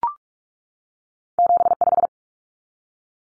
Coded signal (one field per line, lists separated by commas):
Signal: Morse code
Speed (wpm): 44 wpm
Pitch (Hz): 700 Hz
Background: none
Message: 75